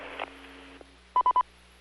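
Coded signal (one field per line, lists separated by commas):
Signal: none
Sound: repeater courtesy beep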